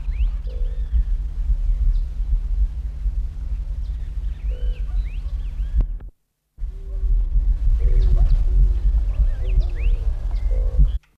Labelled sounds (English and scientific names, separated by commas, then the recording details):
Eared Dove (Zenaida auriculata) call
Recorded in the wild
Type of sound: call
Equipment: Halbspur, 9,5 cm/s
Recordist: Lütgens, Hans
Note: Belgrano